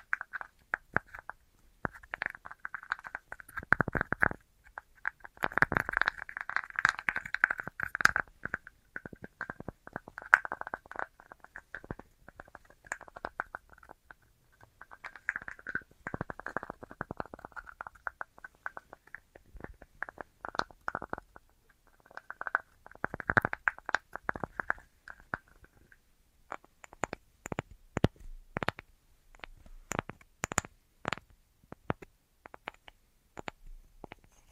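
Tapping in quick, irregular bursts, mostly a dense patter of dull taps with a muffled, gurgling quality, swelling in clusters around 5–8, 16–18 and 23–25 seconds. After about 26 seconds the taps turn sparser and sharper, with crisp isolated clicks.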